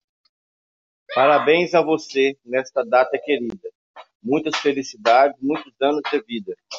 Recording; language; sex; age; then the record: short text; Brazilian Portuguese; male; 40 to 49 years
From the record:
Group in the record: control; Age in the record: 44 years